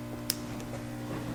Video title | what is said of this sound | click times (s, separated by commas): Ski Doo 850 Handlebar Heater install. | once you hear that little click you know you're good to go | 0.3 s